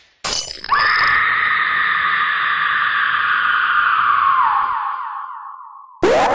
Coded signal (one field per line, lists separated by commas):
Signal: SSTV (slow-scan television)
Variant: Robot 72